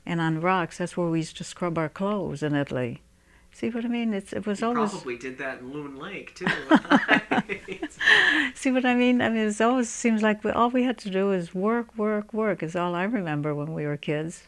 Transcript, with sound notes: And on rocks, that's where we used to scrub our clothes in Italy. You see what I mean? It's, it was always...
You probably did that in Loon Lake, too. ( they laugh )
You see what I mean? I mean, it's always, it seems like all we had to do is work, work, work, is all I remember when we were kids.